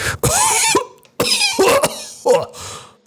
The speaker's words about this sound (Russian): Я откашлялся, выплевывая густую мокроту, пропитанную черной слизью.